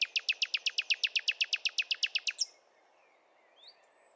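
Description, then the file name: Common nightingale song: a rapid series of many loud, evenly spaced high notes lasting about two and a half seconds, then quiet with a faint rising note. "Luscinia megarhynchos"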